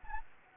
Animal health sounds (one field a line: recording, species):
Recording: mosquito wingbeat signal from an infrared sensor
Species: Anopheles gambiae